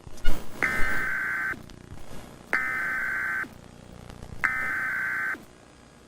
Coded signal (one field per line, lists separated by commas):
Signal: Emergency Alert System (SAME) tones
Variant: header bursts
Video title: EAS Mock: KIK Cad Required Weekly Test (2002)